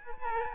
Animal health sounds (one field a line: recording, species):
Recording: mosquito wingbeat signal from an infrared sensor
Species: Aedes albopictus